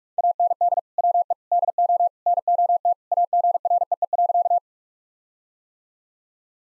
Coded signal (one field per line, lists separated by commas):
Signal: Morse code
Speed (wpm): 46 wpm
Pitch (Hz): 700 Hz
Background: none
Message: AND WE DO NOT AGREE.